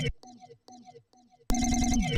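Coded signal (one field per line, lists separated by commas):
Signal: none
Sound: beeps in music track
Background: speech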